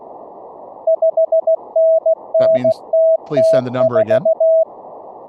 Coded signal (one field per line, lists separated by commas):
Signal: Morse code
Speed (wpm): 16 wpm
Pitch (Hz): 650 Hz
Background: speech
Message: 5NNTT4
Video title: Morse code class 2024-08-11 (10 of 12)